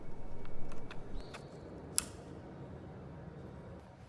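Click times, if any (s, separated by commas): 2.0 s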